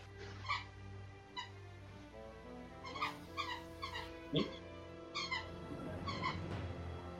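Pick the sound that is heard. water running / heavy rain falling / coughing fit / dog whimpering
dog whimpering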